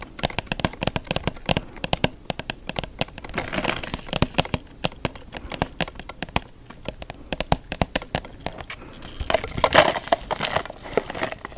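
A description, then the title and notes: Crisp tapping on a hard surface fills the clip with quick, irregular clicks, sometimes in rapid bursts and sometimes spaced apart. Around the fourth and tenth seconds, softer brushing or scratching swells underneath the taps. Asmr no talking, asmr tapping, asmr mic brushing. Blue yeti microphone.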